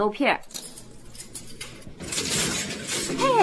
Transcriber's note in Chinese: sound of vending machine